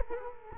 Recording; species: mosquito wingbeat signal from an infrared sensor; Culex quinquefasciatus